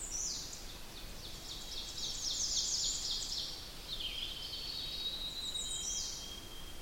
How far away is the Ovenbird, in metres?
about 65 m